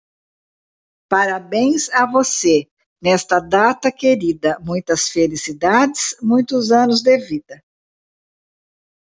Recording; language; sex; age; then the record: short text; Brazilian Portuguese; female; 60 to 69 years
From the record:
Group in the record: control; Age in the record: 68 years